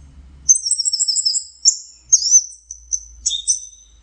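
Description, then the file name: Orange-headed thrush song: high, clear whistled phrases with quick trills and a sliding note, given in short bursts over about three seconds. Masteran (training) song. "suara masteran anis merah"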